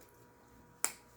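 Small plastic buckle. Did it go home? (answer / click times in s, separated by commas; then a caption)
yes / 0.8 s. A plastic quick-release buckle on a MOLLE II backpack frame suspension, with its plastic clip filed down, is pressed down and snaps into place with a single sharp click at 0.8 s. The buckle seats fully, though it still takes two hands to fasten.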